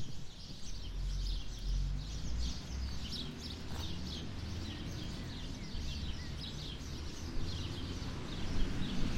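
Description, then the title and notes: Bird gives a continuous run of high chirping notes and twitters above a constant low background rumble. Birds nesting in trees either side of a path up to the church, Sete Cidades, Azores. "Atonal church bells, Sete Cidades. The church bells in Sete Cidades in the Azores ring out. birds nesting in the trees either side of a path leading up to the church provide a more melodious accompaniment. Recorded by Cities and Memory"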